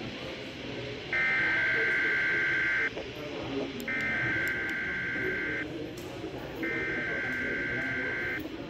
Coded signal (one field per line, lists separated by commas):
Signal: Emergency Alert System (SAME) tones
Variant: header bursts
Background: speech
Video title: [EAS #108-113] Goodbye AVIPADS